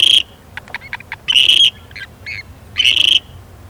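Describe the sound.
Grebe giving harsh, rasping squawks, three loud bursts with shorter scratchy notes in between.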